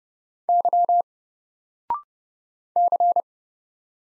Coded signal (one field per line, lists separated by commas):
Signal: Morse code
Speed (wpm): 30 wpm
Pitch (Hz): 700 Hz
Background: none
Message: Y C